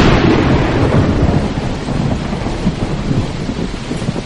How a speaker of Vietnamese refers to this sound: Mưa vẫn như trút nước, dấp sáng sấm rền bất tận, nên họ đành lùi vào trong cửa hang.